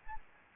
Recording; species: mosquito wingbeat signal from an infrared sensor; Anopheles gambiae